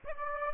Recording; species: mosquito wingbeat signal from an infrared sensor; Aedes aegypti